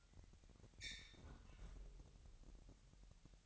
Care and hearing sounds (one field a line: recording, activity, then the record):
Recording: daily activity, microphone in the room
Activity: close fridge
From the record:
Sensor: 3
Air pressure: 1001.9 hPa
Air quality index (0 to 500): 242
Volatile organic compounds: 46 ppm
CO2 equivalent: 3245 ppm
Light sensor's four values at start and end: 12/36/16/13 and 12/36/16/13